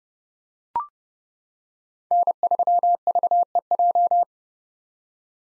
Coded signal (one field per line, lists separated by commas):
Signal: Morse code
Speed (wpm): 32 wpm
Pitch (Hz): 700 Hz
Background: none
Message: N3VEJ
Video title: 2023 POTA Activator Call Signs - 30wpm